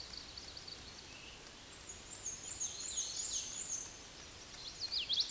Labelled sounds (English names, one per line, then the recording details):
Black-and-white Warbler song
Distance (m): 20 m
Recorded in a Pennsylvania forest on 19 May 2023 at 06:19
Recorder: AudioMoth, point grid1_32_low
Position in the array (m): 80 m, 110 m